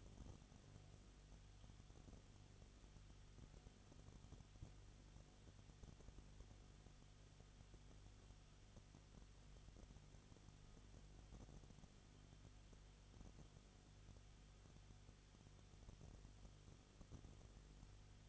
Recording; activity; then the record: daily activity, microphone in the room; no activity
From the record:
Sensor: 4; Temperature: 22.7 degrees Celsius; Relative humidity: 31.7%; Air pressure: 995.4 hPa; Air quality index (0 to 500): 159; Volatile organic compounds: 2 ppm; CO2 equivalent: 1259 ppm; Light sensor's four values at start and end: 2/3/1/1 and 2/3/1/1